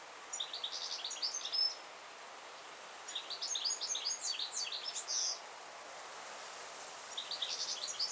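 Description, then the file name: European goldfinch song: rapid twittering, chattering phrases in three bursts with quiet gaps between them. "Carduelis carduelis"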